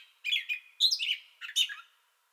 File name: 2021-05-30 Gray Catbird Song Bout Already Going